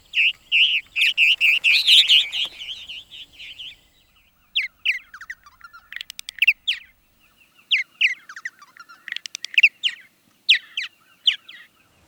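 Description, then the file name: Purple martin chatter, a rapid gurgling warble at first, then scattered sharp chirps and clicking notes after a short gap. "Purple Martin Lang Elliott"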